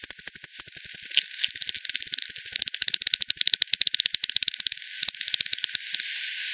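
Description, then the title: Bat echolocation made audible, steady rapid ticking pulses that fade out toward the end, leaving a faint hiss. Multiple bats by the Hogsmill River at Hogsmill Lane, 7 October 2020 at 18:10; frequency-division bat detector recording (divide by 10), bandpass filtered and resampled. "WW bat 20201007 T 18 : 10 Z-Hogsmill-Lane-Hogsmill-River-multiple-bats"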